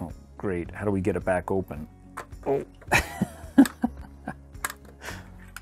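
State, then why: Released. Someone talks and laughs, then the plastic trapdoor in a toy brick dock, snapped shut just before, is pried back open with a sharp pop at 4.7 s. The trapdoor is released and now stands open.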